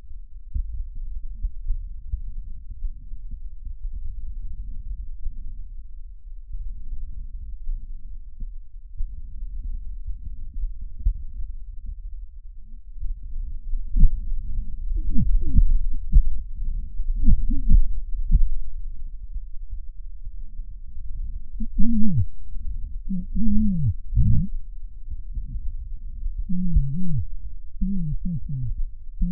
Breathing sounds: lung sounds by stethoscope; left posterior apical chest; quiet breathing, then cough and speech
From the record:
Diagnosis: COPD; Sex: male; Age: 75 years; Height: 182 cm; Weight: 98 kg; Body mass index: 29.6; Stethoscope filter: bell mode

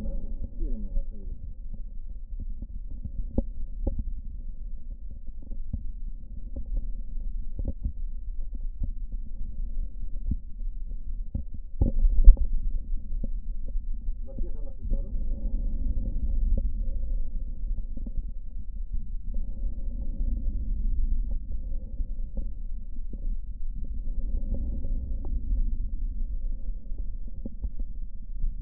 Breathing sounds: lung sounds by stethoscope; right posterior apical chest; quiet breathing, then deep breathing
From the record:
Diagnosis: pulmonary infection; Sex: male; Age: 74 years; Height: 171 cm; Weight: 80 kg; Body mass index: 27.4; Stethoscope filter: diaphragm mode

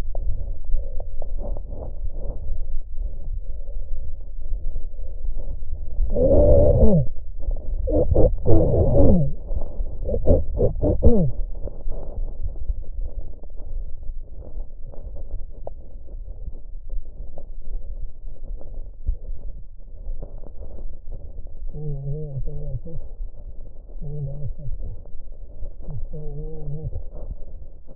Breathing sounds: lung sounds by stethoscope; left posterior basal chest; quiet breathing, then cough and speech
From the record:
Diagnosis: interstitial lung disease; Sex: male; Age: 72 years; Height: 167 cm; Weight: 74 kg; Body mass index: 26.5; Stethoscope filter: extended mode

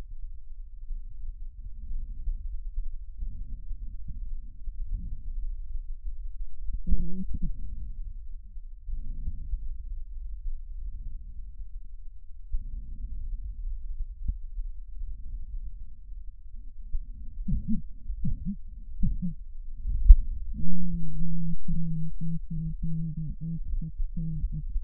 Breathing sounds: lung sounds by stethoscope; right posterior apical chest; quiet breathing, then cough and speech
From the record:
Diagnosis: interstitial lung disease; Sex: female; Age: 72 years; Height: 158 cm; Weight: 69 kg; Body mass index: 27.6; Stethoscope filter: bell mode

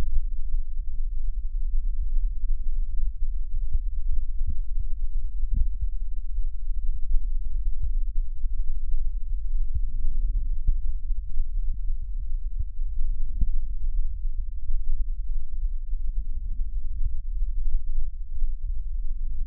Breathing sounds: lung sounds by stethoscope; left posterior basal chest; quiet breathing, then deep breathing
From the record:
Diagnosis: interstitial lung disease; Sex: female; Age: 60 years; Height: 154 cm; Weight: 68.1 kg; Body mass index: 28.7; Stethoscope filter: bell mode

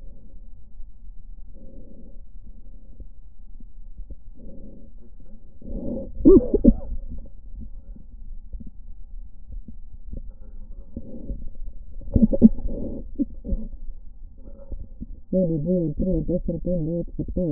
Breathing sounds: lung sounds by stethoscope; left posterior basal chest; quiet breathing, then cough and speech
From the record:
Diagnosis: interstitial lung disease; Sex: female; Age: 70 years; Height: 160 cm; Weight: 93 kg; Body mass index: 36.3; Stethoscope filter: diaphragm mode

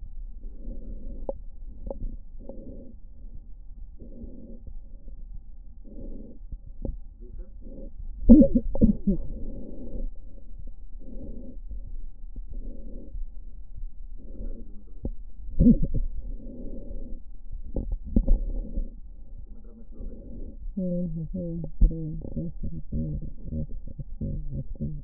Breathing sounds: lung sounds by stethoscope; left posterior basal chest; quiet breathing, then cough and speech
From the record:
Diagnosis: interstitial lung disease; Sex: female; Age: 68 years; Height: 152 cm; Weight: 76 kg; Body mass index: 32.9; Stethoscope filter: diaphragm mode

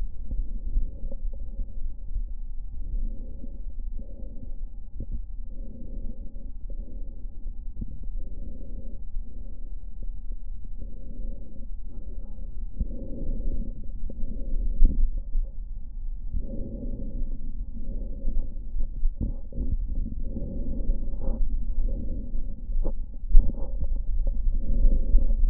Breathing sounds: lung sounds by stethoscope; left posterior apical chest; quiet breathing, then deep breathing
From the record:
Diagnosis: COPD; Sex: female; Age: 68 years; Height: 150 cm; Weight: 70 kg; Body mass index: 31.1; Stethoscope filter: diaphragm mode

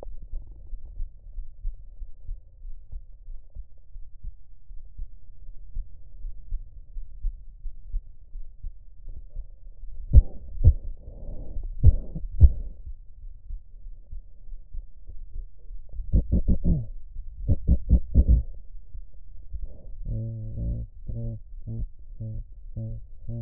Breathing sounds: lung sounds by stethoscope; right anterior apical chest; quiet breathing, then cough and speech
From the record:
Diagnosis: none (healthy); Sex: male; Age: 23 years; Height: 185 cm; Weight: 93 kg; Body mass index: 27.2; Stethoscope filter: extended mode

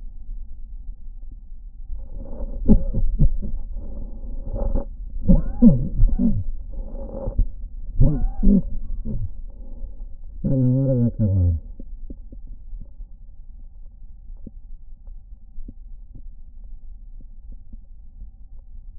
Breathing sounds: lung sounds by stethoscope; right anterior apical chest; quiet breathing, then cough and speech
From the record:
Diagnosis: COPD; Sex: male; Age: 85 years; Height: 183 cm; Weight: 88 kg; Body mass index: 26.3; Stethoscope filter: diaphragm mode

